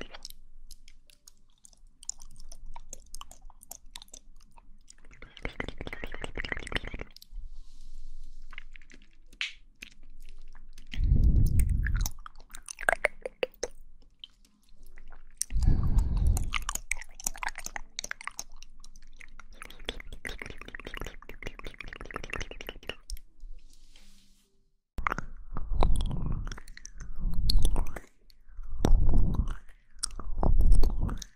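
Mouth sounds: wet chewing, smacking and crunchy biting come in bursts separated by short pauses. Some stretches are dense, fast clicky crackles, others are low, heavier mouthing around 11, 16 and 25–31 seconds, where the sounds grow louder and more rhythmic.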